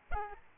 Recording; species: mosquito wingbeat signal from an infrared sensor; Aedes albopictus